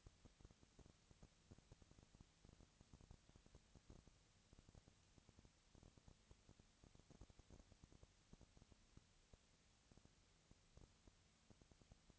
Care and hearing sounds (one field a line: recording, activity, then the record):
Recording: daily activity, microphone in the room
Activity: no activity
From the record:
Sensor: 3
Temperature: 20.4 degrees Celsius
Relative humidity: 34.4%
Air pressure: 996.8 hPa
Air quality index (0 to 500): 205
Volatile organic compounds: 68 ppm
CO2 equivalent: 3496 ppm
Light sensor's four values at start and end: 2/3/2/2 and 2/3/2/2